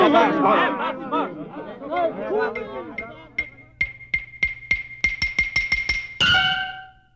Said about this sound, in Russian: Пока совет старшин решал, что делать с Иисусом, толпа снаружи росла, и крики недовольства усиливались.